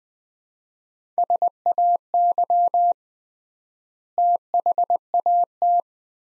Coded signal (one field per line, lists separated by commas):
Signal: Morse code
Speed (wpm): 20 wpm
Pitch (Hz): 700 Hz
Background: none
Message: SAY THAT